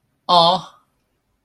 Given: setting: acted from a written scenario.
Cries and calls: vocal sound without words; awe

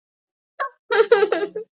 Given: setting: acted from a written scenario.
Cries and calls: vocal sound without words; sadness

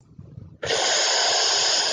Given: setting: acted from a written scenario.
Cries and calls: vocal sound without words; desire

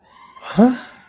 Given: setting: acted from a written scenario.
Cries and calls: vocal sound without words; confusion

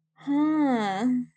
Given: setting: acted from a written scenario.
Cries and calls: vocal sound without words; realization

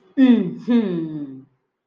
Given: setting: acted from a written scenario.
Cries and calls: vocal sound without words; pride

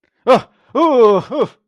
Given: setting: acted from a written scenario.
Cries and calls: vocal sound without words; fear

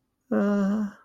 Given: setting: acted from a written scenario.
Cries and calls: vocal sound without words; shame

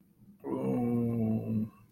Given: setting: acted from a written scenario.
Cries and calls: vocal sound without words; embarrassment

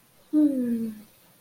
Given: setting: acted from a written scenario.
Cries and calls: vocal sound without words; serenity

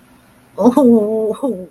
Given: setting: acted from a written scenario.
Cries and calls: vocal sound without words; sadness

